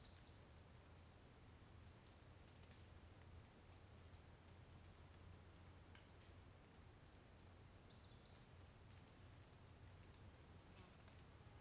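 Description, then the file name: Cricket trilling steadily at a high pitch, with a bird's quick upward-stepping whistle at the start and again after about eight seconds. Constant cricket sound in a forest during the day, with a bird singing at intervals. "Grilo constante na floresta dia passaro canta em intervalos"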